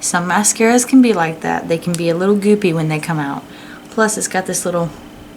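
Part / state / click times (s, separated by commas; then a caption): mascara wand cap onto mascara tube / not seated / none. Someone talks while handling a plastic mascara tube and its wand cap, about to push the cap home onto the tube. The speech is heard throughout with quiet pauses and no sharp transients. The cap has not seated or clicked shut yet.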